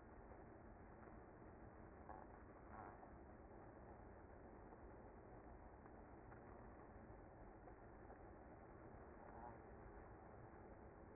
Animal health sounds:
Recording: honeybee colony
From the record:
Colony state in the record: active

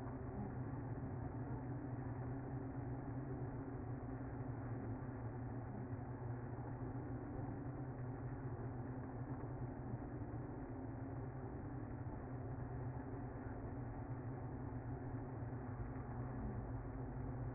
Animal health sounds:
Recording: honeybee colony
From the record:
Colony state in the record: active

